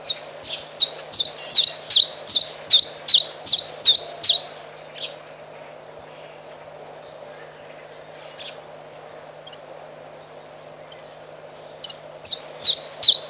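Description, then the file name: Common chiffchaff song of quick high see-sawing notes for about four seconds, then a long quiet pause, before the repeated notes return at the end. "Pierwiosnek"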